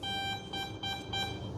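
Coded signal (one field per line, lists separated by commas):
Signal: beep code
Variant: RC model ESC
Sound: four buzzy mid-pitched beeps, first one longer, from a motor controller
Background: faint background noise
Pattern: 4 short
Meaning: The speed controller signals it has entered programming mode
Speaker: Now there's going to be a beep, beep, beep, beep.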